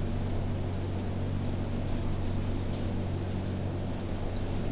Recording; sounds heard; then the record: poultry house recording; no chicken sound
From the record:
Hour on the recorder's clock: 22